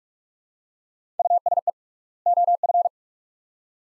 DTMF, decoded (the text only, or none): none